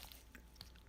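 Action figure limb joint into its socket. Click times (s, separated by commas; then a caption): 0.6 s. A plastic joint on the leg or foot of a Fortnite Rex action figure is pushed back into its socket, with a couple of faint ticks near the start. A sharp snap at 0.6 s marks the joint seating back in, though it is not fully certain to be secure.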